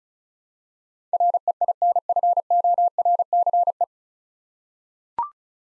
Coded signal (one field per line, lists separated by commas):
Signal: Morse code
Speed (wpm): 34 wpm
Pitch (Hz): 700 Hz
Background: none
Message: REINFORCE